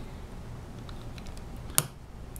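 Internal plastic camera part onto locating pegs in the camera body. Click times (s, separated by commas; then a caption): 1.8 s. While a point-and-shoot camera is being reassembled after its infrared-blocking filter was removed, a plastic internal part is pressed onto its locating pegs in the camera body. Over a faint low hum and a few light ticks, one sharp, bright click rings out at 1.8 s as the part snaps into place, and a much softer tick follows near the end. The part is seated.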